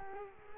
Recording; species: mosquito wingbeat signal from an infrared sensor; Culex quinquefasciatus